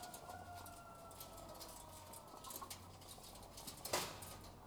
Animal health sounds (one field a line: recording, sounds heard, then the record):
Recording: poultry house recording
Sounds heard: sick chickens (respiratory disease)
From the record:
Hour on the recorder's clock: 12